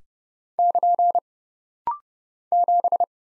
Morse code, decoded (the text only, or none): <KN> 7